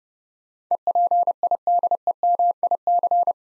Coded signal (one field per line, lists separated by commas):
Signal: Morse code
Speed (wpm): 30 wpm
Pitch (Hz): 700 Hz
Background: none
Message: EPIDEMIC